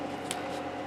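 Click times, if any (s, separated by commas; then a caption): 0.3 s. A metal decorative strip die section is slid against the next die section to extend the strip. It locks into place with a short, bright click at 0.3 s over a steady background hum, and the join is firmly locked.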